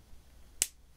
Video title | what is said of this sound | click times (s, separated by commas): Meze 66 Classics Headphones Unboxing & Sound Test! | You can hear the snap of that as I plug it in. | 0.6 s